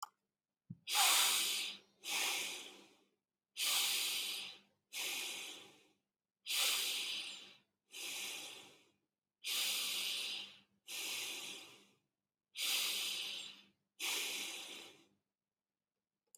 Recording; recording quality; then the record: deep breathing; moderate, slight background noise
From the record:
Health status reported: healthy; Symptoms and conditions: none ticked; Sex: male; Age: 34 years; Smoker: not ticked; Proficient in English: yes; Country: India